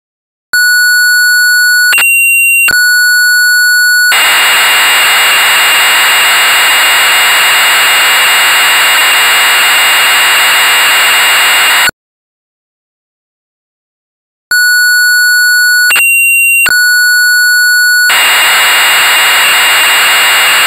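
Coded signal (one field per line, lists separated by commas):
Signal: computer data on cassette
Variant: Amstrad CPC 464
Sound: steady high lead tone, brief pitch jump, then long harsh buzzing screech, silence, repeat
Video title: Castle of the Skull Lord (1984) - Amstrad CPC 464 (Full Tape Rip / Cassette Load)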